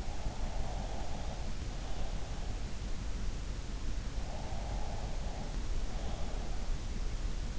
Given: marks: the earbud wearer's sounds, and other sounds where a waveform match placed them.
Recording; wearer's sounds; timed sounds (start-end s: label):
sounds in sleep by an in-ear microphone; breath
0.00-2.72 s: breath
4.23-6.76 s: breath